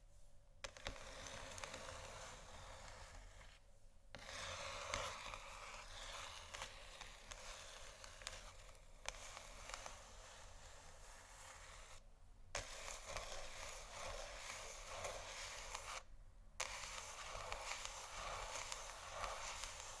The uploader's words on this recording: ASMR Scratching & Tapping On Canisters（No Talking）.